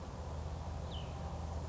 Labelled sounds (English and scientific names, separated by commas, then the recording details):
Cassin's Vireo (Vireo cassinii)
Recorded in Sonoma County, California